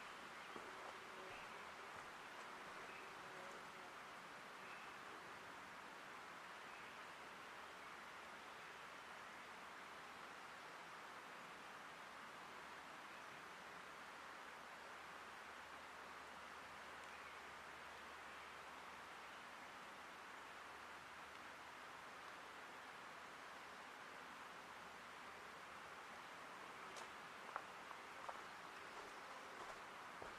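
Forest preserve ambience of steady, dense hiss with a faint low hum underneath, and a few sharp clicks near the end.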